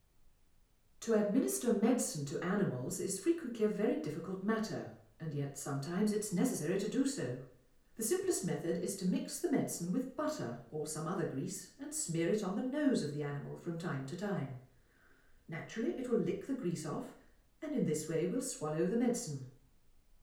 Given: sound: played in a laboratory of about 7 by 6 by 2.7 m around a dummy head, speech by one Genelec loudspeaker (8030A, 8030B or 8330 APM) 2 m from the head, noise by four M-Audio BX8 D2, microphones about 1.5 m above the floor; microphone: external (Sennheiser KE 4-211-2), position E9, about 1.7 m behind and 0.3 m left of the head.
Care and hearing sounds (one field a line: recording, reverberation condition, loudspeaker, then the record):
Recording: female speech in English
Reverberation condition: medium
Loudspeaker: 60 degrees to the right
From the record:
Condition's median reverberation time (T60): about 510 ms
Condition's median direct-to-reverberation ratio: about -0.5 dB